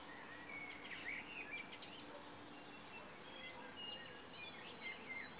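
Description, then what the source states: Birds chirping in a busy chorus, brief high whistles and twitters repeating irregularly, over a faint low hum and background hiss. Recorded in March 2014.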